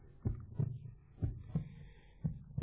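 Steady, deep paired thumps, a lub followed by a softer dub, recur about once a second, roughly 60 beats a minute. The rhythm is regular, with a faint low hum between beats. This is a plain heartbeat.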